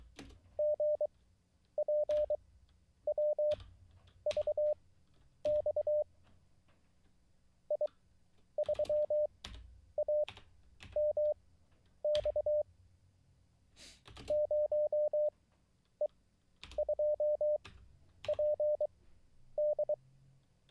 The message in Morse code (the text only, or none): GPWVX I3AMX 0E2PD